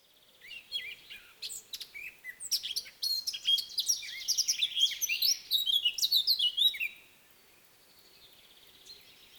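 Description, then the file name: Eurasian blackcap singing a rapid, rich warble of high sliding notes for about six seconds, then falling quiet with only faint background sound. "Sylvia atricapilla"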